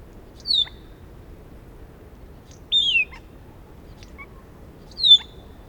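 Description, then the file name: Australasian figbird calls: three clear, descending whistled notes, each a short slurred phrase, spaced roughly two seconds apart. "Sphecotheres Vieilloti"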